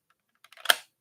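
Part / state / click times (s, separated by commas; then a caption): plastic panel of a transforming robot figure snapping over its head / seated / 0.7 s. A plastic panel on a collectible transforming robot figure is gently pulled down over the figure's head. A few faint plastic ticks and small clicks build from about 0.4 s into one sharp, bright snap at 0.7 s, which fades quickly. The panel seats in place over the head with a perfectly snug fit.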